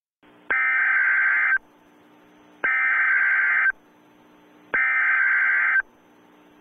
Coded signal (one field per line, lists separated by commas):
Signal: Emergency Alert System (SAME) tones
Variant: header bursts